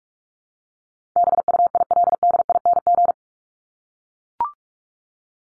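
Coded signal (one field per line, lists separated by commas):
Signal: Morse code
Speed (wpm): 44 wpm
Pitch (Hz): 700 Hz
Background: none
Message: BUILDING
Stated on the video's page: Morse practice drill of words ranked 501 to 750 at 45 wpm, each word sent twice.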